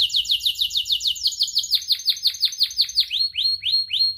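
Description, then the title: Atlantic canary song: a quick run of sweeping downward notes, then a few slower rising upslurred whistles. Prolific, vigorously singing ('gacor') canary; praised for its best 'cengkok' phrasing and most luxurious 'isian' song fill, within Indonesian songbird-keeping hobby. "Kenari Gacor Cengkok Terbaik Isian Paling Mewah Kenarigacor Kicaumania Kenari"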